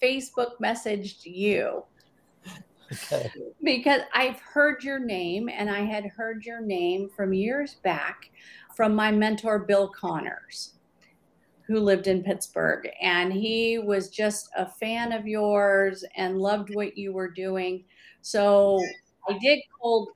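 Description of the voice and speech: A single adult woman talks in a warm, conversational voice. Her speech is fluent and clearly articulated, with natural pauses, steady voicing and lively pitch: normal adult speech.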